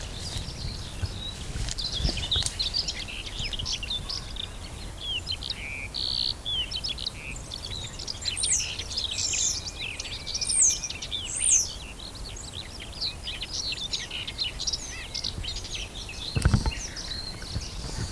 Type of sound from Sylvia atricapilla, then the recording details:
song. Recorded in the wild. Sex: male. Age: adult. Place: Blankenfelde, Berlin, DE. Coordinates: 52.62, 13.37. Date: 1999-05-02 12:25. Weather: fair, 11 - 15°C. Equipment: Nagra SN, Kopie Uher 4000 Report Monitor. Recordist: Tembrock, Günter